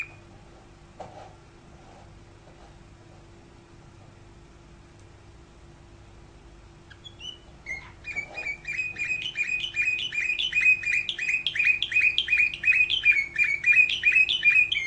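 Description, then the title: Canary song: quiet for about seven seconds, then a rapid series of high, repeated trilled notes building louder to the end, with a faint steady hum underneath. "Kenari"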